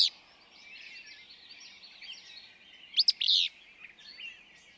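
Willow flycatcher giving a sneezy two-part song, a sharp upward note then a buzzy slur, with a soft chorus of other birds behind.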